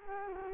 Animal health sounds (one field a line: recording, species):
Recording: mosquito wingbeat signal from an infrared sensor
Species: Culex quinquefasciatus